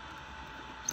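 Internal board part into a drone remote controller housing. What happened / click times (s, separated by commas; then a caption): The internal part snapped into place / 0.9 s. An internal part is pressed back into a Mavic Air drone remote controller housing during a micro USB port board repair. Over a steady low background, a sharp snap is heard at 0.9 s as the part seats into place.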